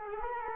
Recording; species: mosquito wingbeat signal from an infrared sensor; Culex quinquefasciatus